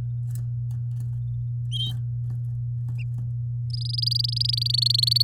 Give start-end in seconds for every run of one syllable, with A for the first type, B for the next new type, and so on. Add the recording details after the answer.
3.70-5.23 A. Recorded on 6 May 2018 at 09:21. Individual llb16